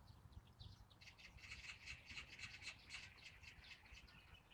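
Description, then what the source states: Oriental Magpie giving a rapid chattering series of harsh repeated notes. Calling hard during a nest-site conflict with a dollarbird; Dragon Boat Festival day; live-streamed while birdwatching.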